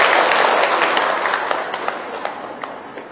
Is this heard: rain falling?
no